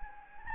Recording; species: mosquito wingbeat signal from an infrared sensor; Anopheles gambiae